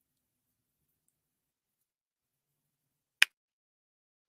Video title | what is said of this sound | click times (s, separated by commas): Thursdays Live! 4-18-2024 | hear that little snap | 3.2 s